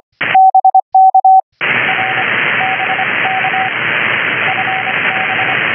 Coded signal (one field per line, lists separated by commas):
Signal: Morse code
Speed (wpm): 25 wpm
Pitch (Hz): 760 Hz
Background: radio noise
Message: BK R BK FB